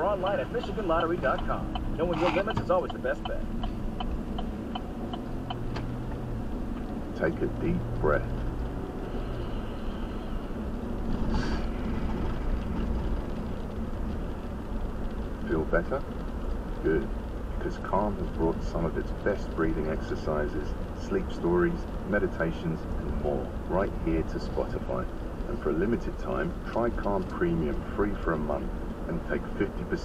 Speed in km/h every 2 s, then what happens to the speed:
27, 29, 34, 42, 48, 55, 60, 61, 63, 64, 66, 68, 68, 64, 64.
0-21 speeds up to 68. 21-30 steady at about 64.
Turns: 0-5.